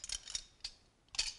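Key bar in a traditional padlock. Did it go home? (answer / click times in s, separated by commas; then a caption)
released / 0.0 s, 0.1 s, 0.3 s, 0.4 s, 0.7 s, 1.2 s. A Joseon-era metal padlock is opened by inserting an iron key bar into its keyhole. Short, sharp metallic clicks sound at 0.0, 0.1, 0.3, 0.4, 0.7 and 1.2 seconds, with quiet gaps between them. The padlock comes open.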